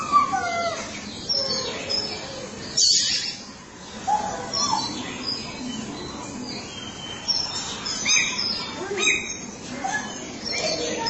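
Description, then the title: Oriental magpie-robin song: a varied run of fainter whistles and chirps at changing pitches, with short pauses between phrases and a hissy background. Chirping song (kicauan) of the bird. "Suara Kicauan Burung Kacer Durasi Panjang"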